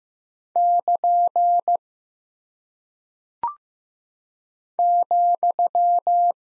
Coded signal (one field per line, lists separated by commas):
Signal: Morse code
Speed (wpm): 15 wpm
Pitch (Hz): 700 Hz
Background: none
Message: <KN> ,